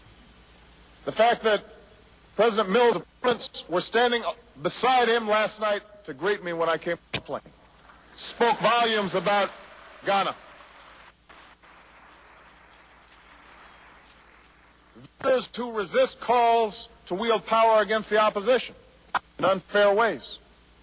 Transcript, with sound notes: the fact that President Mills' opponents were standing beside him last night to greet me when I came off the plane spoke volumes about Ghana -- (applause); victors who resist calls to wield power against the opposition in unfair ways.